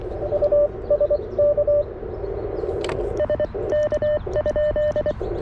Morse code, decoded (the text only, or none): U SK SK?